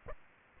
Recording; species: mosquito wingbeat signal from an infrared sensor; Aedes aegypti